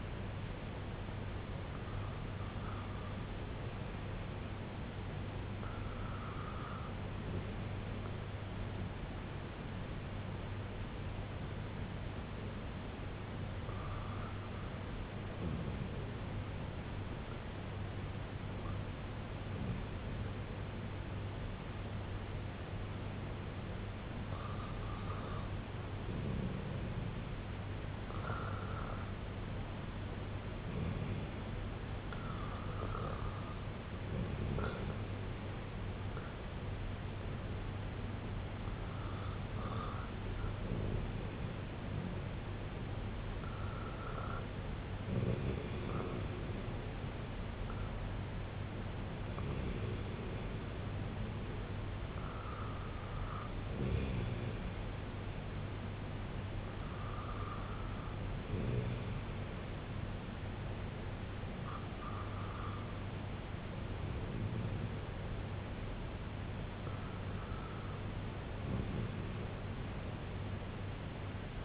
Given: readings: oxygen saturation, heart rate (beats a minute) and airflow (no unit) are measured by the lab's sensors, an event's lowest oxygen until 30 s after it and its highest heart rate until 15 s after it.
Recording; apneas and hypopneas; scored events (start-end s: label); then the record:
breathing in sleep by a voice recorder at the bedside; none
none scored
From the record:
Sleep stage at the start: REM sleep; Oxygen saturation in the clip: 94 to 97%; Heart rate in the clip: 63 to 76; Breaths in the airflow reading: 14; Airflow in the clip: -6.1 to 4.1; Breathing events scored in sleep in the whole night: 258 in 7.4 hours asleep